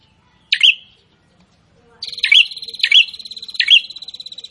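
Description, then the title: Prinia song: one sharp chip, then a continuous, buzzy, clicking trill with repeated sharp accented notes. Prinia singing prolifically ('gacor'). "Prenjak gacor"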